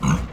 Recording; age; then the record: pig call; growing-finishing pig (85 days or more)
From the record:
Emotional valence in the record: positive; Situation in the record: run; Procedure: transit